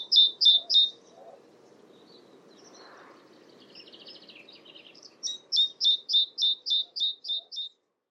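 Great tit giving rapid, regular high notes, then a pause with a buzzy sound and background noise before the series resumes.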